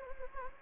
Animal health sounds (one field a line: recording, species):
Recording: mosquito wingbeat signal from an infrared sensor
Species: Anopheles gambiae